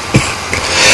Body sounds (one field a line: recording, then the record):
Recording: coughing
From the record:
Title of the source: Dry Afternoon Cough